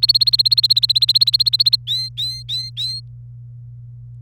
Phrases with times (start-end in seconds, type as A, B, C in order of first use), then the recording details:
0.00-1.76 A, 1.87-3.00 B. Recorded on 27 April 2018 at 06:04. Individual llb3